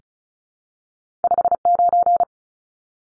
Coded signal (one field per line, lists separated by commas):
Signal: Morse code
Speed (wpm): 34 wpm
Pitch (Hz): 700 Hz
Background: none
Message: 59